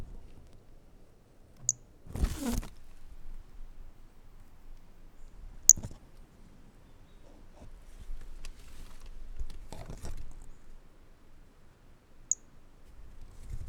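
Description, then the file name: Pumpkin toadlet giving brief, thin, high-pitched chirps at irregular intervals, interrupted by rustling, scraping bursts and light wind. Individual 09, 15 January 2018, 10–30 cm, with wind; first half missing; collected by M R Bornschein (MHNCI). "Brachycephalus mirissimus 15 jan 2018 individual 09 ex 06 10-30 cm initial half missing with wind M R Bornschein collected MHNCI"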